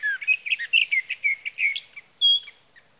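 Sage Thrasher song: quick, jumbled warbling phrases that pause briefly, then end with a single clear high whistle.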